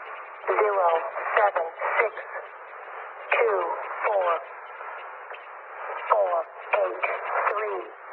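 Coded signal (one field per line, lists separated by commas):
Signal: numbers station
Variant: E05 Cynthia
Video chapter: 6:41 - Agent ID 210 040807z March 2002 Count 100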